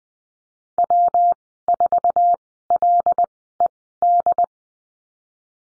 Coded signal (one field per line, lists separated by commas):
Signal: Morse code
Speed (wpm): 20 wpm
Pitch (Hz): 700 Hz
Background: none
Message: W4LED